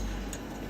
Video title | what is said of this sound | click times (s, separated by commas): 2023年2月5日 | So you take it from the outside, then it says click there, but you have to get it in there where it clicks again. | 0.3 s